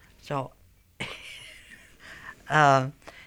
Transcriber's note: she laughs